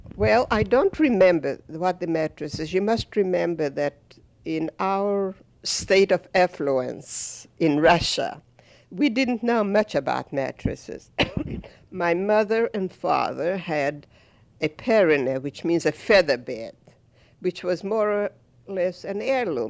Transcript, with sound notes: Well, I don't remember what the mattresses, you must remember that in our state of affluence in Russia we didn't know much about mattresses. (she coughs) My mother and father had a pehrehneh, which means a featherbed, which was more or less an heirloom.